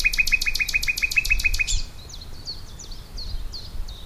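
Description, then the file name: Common nightingale delivering a fast run of about ten identical sharp notes, then fading into faint chirps. "Luscinia megarhynchos"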